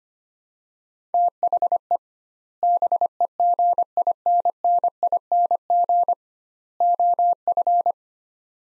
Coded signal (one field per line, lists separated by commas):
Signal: Morse code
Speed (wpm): 25 wpm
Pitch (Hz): 700 Hz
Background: none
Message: THE BEGINNING OF